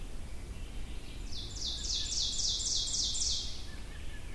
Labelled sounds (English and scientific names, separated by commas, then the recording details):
Ovenbird (Seiurus aurocapilla) song
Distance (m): 25 m
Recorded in boreal forest in Alberta, Canada, on 22 June 2016 at 06:39
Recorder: SongMeter 3, array SBT-6-76
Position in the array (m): 162 m, 130 m
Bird 3